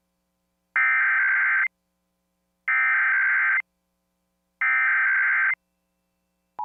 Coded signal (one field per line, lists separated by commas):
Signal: Emergency Alert System (SAME) tones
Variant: header bursts